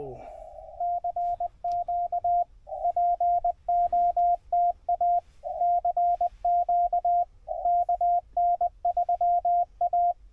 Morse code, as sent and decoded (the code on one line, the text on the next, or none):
-.-. --.- / .--. --- - .- / -.-. --.- / -.- -. ...-- .-
CQ POTA CQ KN3A